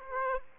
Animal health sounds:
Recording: mosquito wingbeat signal from an infrared sensor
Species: Aedes aegypti

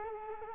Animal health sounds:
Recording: mosquito wingbeat signal from an infrared sensor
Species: Culex quinquefasciatus

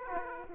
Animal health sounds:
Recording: mosquito wingbeat signal from an infrared sensor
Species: Aedes aegypti

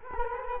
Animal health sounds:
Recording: mosquito wingbeat signal from an infrared sensor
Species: Culex quinquefasciatus

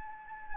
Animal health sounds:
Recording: mosquito wingbeat signal from an infrared sensor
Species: Anopheles arabiensis

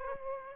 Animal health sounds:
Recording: mosquito wingbeat signal from an infrared sensor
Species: Aedes aegypti

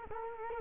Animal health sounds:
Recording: mosquito wingbeat signal from an infrared sensor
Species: Culex quinquefasciatus

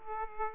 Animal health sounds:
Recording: mosquito wingbeat signal from an infrared sensor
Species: Aedes aegypti

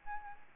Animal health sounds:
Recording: mosquito wingbeat signal from an infrared sensor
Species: Aedes albopictus

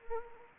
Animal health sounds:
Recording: mosquito wingbeat signal from an infrared sensor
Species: Anopheles gambiae

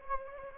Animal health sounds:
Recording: mosquito wingbeat signal from an infrared sensor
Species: Anopheles gambiae

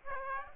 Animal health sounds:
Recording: mosquito wingbeat signal from an infrared sensor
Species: Aedes aegypti

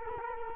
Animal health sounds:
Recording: mosquito wingbeat signal from an infrared sensor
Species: Culex quinquefasciatus

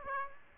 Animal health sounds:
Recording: mosquito wingbeat signal from an infrared sensor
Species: Aedes aegypti

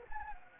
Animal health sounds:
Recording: mosquito wingbeat signal from an infrared sensor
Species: Anopheles gambiae

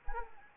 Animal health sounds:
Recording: mosquito wingbeat signal from an infrared sensor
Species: Anopheles arabiensis

